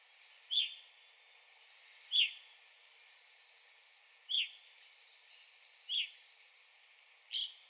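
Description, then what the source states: Evening grosbeak calls: loud clear notes spaced a second or two apart. Recorded 9 April 2021.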